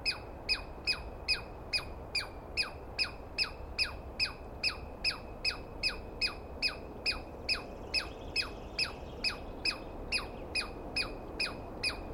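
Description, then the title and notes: Douglas squirrel producing a sustained run of harsh, descending chirps, about two and a half per second, fairly regular, over a low background hum. Recorded at dawn on 21 April 2017 in the East Cascades; a squirrel screaming at length, which the recordist, going by its sound, felt fairly sure was a Douglas Pine Squirrel. "Interview With The Chipmunk. On the morning of 21 April, 2017, I set up my microphones and recorder for a nice dawn recording in the East Cascades. I was started awake by a screaming Douglas Pine Squirrel"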